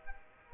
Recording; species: mosquito wingbeat signal from an infrared sensor; Aedes aegypti